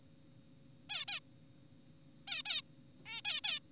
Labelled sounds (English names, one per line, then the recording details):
Zebra Finch
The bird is an adult
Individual g4p5U